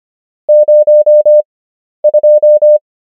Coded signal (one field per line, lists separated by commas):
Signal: Morse code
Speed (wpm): 25 wpm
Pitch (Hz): 600 Hz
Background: none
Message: 02